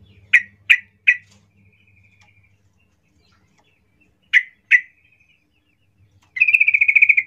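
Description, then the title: Yellow-vented Bulbul song: short, sharp chirps in loose clusters of two or three, ending in a fast buzzy rattling trill. Singing trucuk used as a lure to make trucuk birds sing; described as gacor, ropel ngalas style. "GACOR Ropel Ngalas Pancingan Trucukan Agar Bunyi Jadikan Burung Trucuk"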